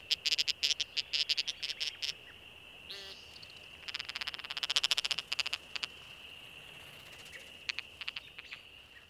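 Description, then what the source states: American woodcock giving fast, dry clicking cackles in stuttering bursts, over a steady high-pitched insect-like buzz running throughout. Aggressive cackles.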